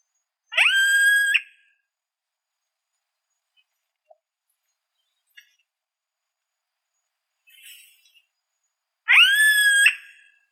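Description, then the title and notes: Yellow-headed caracara uttering two drawn-out screeches several seconds apart, each rising sharply then held steady, with a few faint soft sounds between them. "Carrapateiro Yellow-headed Caracara (Milvago chimachima)"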